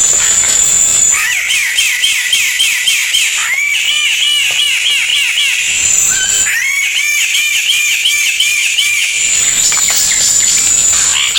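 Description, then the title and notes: Bird singing rapid chains of bouncing, ringing notes in several bursts, each a few seconds long, between stretches of a high-pitched tone. Melodious voice. "Burung Dengan Suara Merdu"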